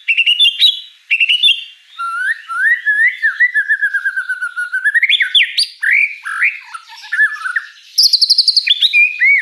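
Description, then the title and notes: White-rumped shama song: fast stuttering notes, then a long run of wavering whistled notes gliding up and down, ending in high chips. Lure song of a lively singing white-rumped shama with a rich, varied repertoire. "Pancingan Gacor Murai Batu Bongkar Isian Mewah. Audio Murai Batu Dongfeng"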